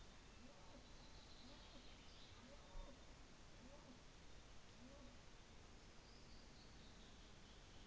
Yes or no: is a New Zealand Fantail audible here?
no